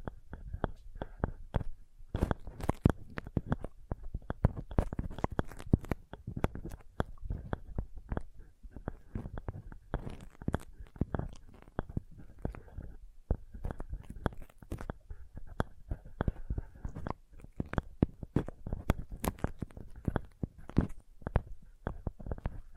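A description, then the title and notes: Sensitive tapping in rapid, irregular clusters of soft, crisp taps with a low thumpy body, continuing densely throughout with brief pauses. Sensitive Tapping.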